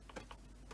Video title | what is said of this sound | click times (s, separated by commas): Dishwasher not draining Water - Dishwasher full of Water Fixed | So that arrow is where it was before, just push it down and then turn it clockwise 90 degrees and that just locks into place. | 0.2 s